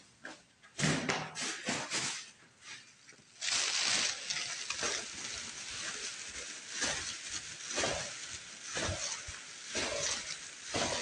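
Cleaning sounds: a loud hissing spray blast lands near the four-second mark, surrounded by quick, scratchy wiping strokes. The rubbing comes in short bright swipes, irregular at first, then settling into a steady rhythm of about one stroke per second over a faint constant hiss.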